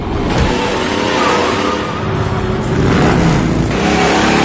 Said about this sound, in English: It's driving sounds. It's our transitional sound to the next.